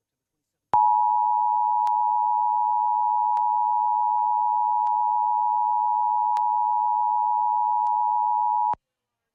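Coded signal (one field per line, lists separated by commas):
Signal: Emergency Alert System (SAME) tones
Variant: 853 and 960 Hz attention tone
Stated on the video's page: Required Monthly Test aired on a West Virginia ABC television station.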